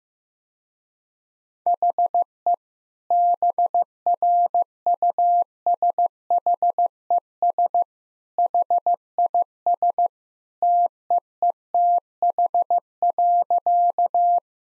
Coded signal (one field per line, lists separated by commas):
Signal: Morse code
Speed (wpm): 15 wpm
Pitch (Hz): 700 Hz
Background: none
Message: HE BRUSHES HIS TEETH.